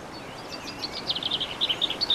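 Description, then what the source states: Bird song building from faint notes into a run of louder, high chirps repeated quickly, over a light background hiss. Recorded 15 March 2014 with an MZ-N710 recorder.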